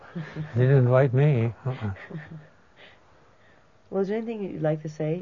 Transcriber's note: laughs